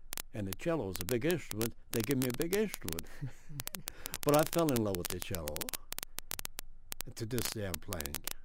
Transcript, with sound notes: and the cello is a big instrument, they gave me a big instrument. [laughs] But I feel in love with the cello. To this day I'm playing.